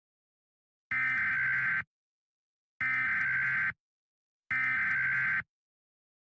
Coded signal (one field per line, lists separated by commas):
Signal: Emergency Alert System (SAME) tones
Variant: header bursts